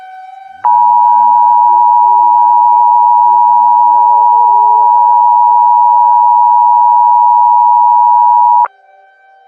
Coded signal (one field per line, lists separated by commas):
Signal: Emergency Alert System (SAME) tones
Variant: 853 and 960 Hz attention tone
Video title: Ashes To Ashes [EAS SCENARIO] [FT. @HiatusUntilDecember1st]